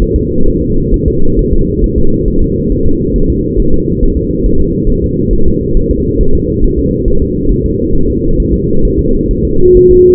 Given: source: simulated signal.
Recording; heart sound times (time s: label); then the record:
fetal heart sounds
0.02 s: S1
0.16 s: S2
0.48 s: S1
0.62 s: S2
0.94 s: S1
1.08 s: S2
1.39 s: S1
1.53 s: S2
1.84 s: S1
1.98 s: S2
2.28 s: S1
2.42 s: S2
2.72 s: S1
2.86 s: S2
3.16 s: S1
3.30 s: S2
3.60 s: S1
3.74 s: S2
4.03 s: S1
4.17 s: S2
4.46 s: S1
4.60 s: S2
4.90 s: S1
5.04 s: S2
5.33 s: S1
5.47 s: S2
5.77 s: S1
5.91 s: S2
6.21 s: S1
6.35 s: S2
6.64 s: S1
6.79 s: S2
7.08 s: S1
7.22 s: S2
7.52 s: S1
7.66 s: S2
7.95 s: S1
8.10 s: S2
8.40 s: S1
8.54 s: S2
8.85 s: S1
8.99 s: S2
9.31 s: S1
9.45 s: S2
9.77 s: S1
9.91 s: S2
From the record:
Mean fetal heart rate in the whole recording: 135 bpm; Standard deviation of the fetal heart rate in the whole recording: 3 bpm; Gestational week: 36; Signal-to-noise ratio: -19.1 dB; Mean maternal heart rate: 72 bpm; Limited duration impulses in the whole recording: present